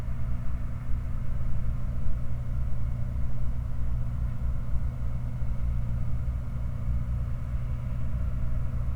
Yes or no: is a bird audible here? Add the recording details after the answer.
no. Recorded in the Prudhoe Bay oil fields, Alaska, on 16 August 2019 at 05:32. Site 29